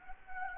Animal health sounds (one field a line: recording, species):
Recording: mosquito wingbeat signal from an infrared sensor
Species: Anopheles gambiae